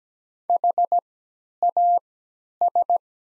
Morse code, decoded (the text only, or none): HAS